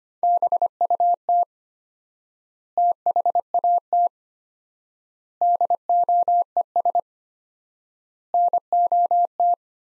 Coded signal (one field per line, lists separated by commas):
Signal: Morse code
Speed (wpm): 25 wpm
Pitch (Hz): 700 Hz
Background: none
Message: BUT THAT DOES NOT